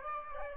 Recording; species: mosquito wingbeat signal from an infrared sensor; Aedes aegypti